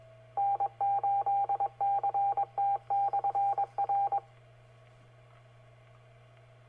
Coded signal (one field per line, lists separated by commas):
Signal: Morse code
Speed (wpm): 22 wpm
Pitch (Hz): 800 Hz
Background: radio noise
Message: N8CT/R